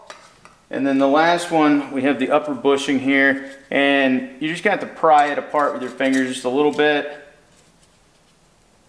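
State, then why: Not seated. During a WP semi-active fork rebuild on a KTM 1190/1290, the upper bushing is pried apart slightly by hand to fit onto the 48 mm fork tube while someone talks throughout. Only brief faint handling sounds are heard near the start, around 0.1 s and 0.5 s. Nothing has seated or clicked yet.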